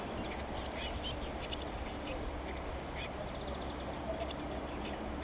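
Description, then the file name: Eurasian blue tit calling in quick bursts of three or four high, thin notes, the bursts repeated several times against quiet background hiss. "Cyanistes caeruleus"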